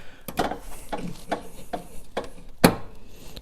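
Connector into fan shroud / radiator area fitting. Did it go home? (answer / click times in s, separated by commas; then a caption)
yes / 2.6 s. During a fan shroud reinstall on a GM truck or SUV radiator replacement, a connector or fitting in the fan shroud/radiator area is pushed in by hand, with several softer knocks and rubbing sounds before it. A sharp, loud click at 2.7 s confirms the connector has seated, and it is given a tug to make sure it won't pop out.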